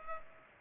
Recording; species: mosquito wingbeat signal from an infrared sensor; Culex pipiens